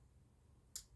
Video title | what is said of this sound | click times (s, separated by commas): Minolta XG-E Demonstration | There you go. It clicked. Now it's mounted. | 0.8 s